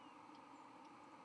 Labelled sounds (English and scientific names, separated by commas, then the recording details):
White-throated Sparrow (Zonotrichia albicollis) flight call
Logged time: 09:57 on 31 October 2014